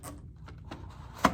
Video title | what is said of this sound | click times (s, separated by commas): Hamilton T1 - H900 Training video | You'll hear it or feel it kind of click into place, and it's all set. | 1.2 s